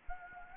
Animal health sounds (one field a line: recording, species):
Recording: mosquito wingbeat signal from an infrared sensor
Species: Anopheles gambiae